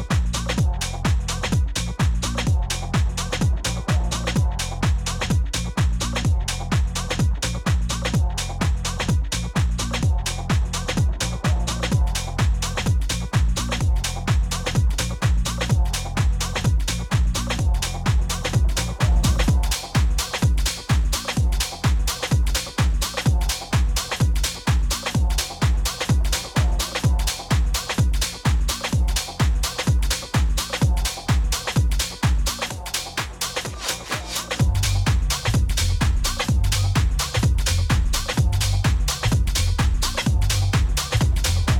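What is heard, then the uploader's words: A steady piece of music with a heavy, pulsing bass line and a fast, dense run of ticking percussion throughout. Around 33 seconds the bass briefly drops away, leaving thinner clicks, before the deep pulse returns at about 35 seconds. UnEdited, raw, literally while my house was sleeping this morning.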